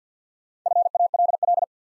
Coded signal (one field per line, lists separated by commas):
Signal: Morse code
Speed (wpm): 50 wpm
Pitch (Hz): 700 Hz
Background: none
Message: FALL